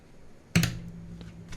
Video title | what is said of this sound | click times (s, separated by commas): PC Build Part 3 - Step by step PC build | and you will sit when you hear the click | 0.6 s